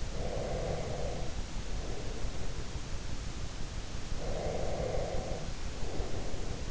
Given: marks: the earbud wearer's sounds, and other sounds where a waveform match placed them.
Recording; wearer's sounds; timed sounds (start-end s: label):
sounds in sleep by an in-ear microphone; breath
0.05-2.70 s: breath
4.09-6.68 s: breath